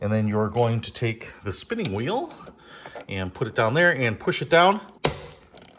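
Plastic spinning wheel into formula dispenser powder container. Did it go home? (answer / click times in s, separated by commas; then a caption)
yes / 5.1 s. Someone talks while reassembling the powder container of a Baby Brezza Formula Pro Advanced automatic formula maker, pushing the plastic spinning wheel down onto its shaft. A sharp click at 5.1 s marks the wheel seating into place, followed by a few faint ticks.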